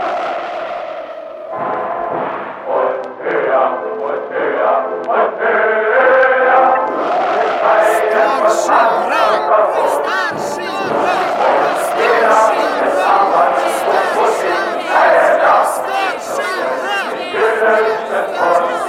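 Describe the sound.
A dense crowd shouts together, many voices merging into a loud, continuous roar that swells after the first couple of seconds and stays intense, with rising yells breaking through.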